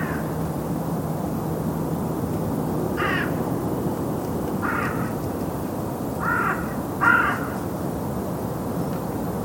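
Bird giving four spaced, rasping caws.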